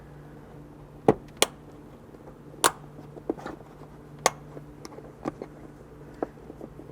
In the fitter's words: Making sure you hear those audible clicks when they go in so you know they're firmly seated.